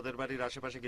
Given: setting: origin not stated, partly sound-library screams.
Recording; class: one-second piece from a danger detection set; normal situation